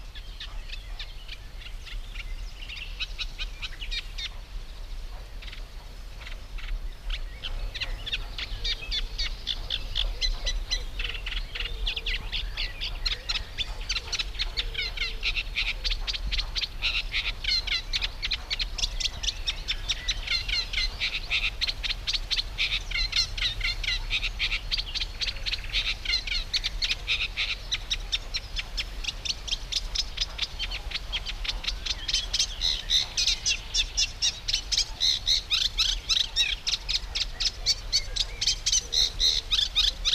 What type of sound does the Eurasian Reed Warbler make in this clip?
song